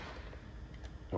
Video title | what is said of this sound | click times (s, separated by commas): [TUTO STIHL] Presentation des outils à batterie de jardin Stihl | paraît totalement je vous le repaire d'un premier clic voilà et il faut appuyer une deuxième fois | 1.2 s